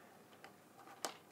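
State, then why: Seated. A plastic quick-disconnect propeller guard is snapped by hand, without tools, onto the arm mount of a DJI Phantom 3 quadcopter drone. After a faint tick at about 0.4 s, a sharp, loud snap at 1.1 s marks the guard seating firmly in place.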